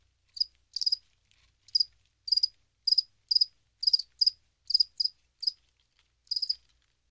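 Cricket chirps, short high pulsed bursts repeated irregularly about every half second, with brief pauses between groups; no other sounds.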